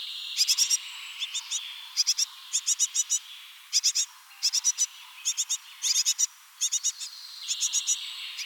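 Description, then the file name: Great tit calls: tight clusters of a few sharp, high clicking notes repeated in quick bursts, with a drawn-out scratchy note near the start and end. "Parus major"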